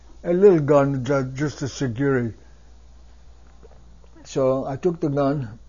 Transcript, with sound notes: a little gun just as security. [swallows] So, I took the gun